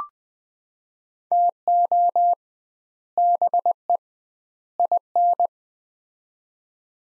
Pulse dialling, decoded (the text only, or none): none